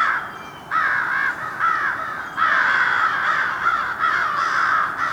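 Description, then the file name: Crows giving loud, drawn-out raspy caws, several long calls running into one another over a few seconds. A group of crows mobbing, recorded in Somerset, New Jersey. "Somerset NJ Crow Mob"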